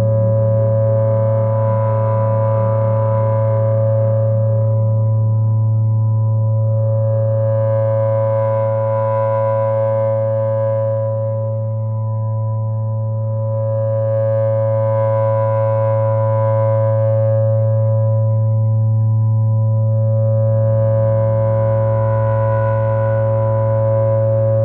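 Processed sine tones hold a steady low hum with a stack of pure, sustained pitches above it. A brighter, airy shimmer swells and fades about every seven seconds, while the overall level stays nearly constant, dipping slightly midway.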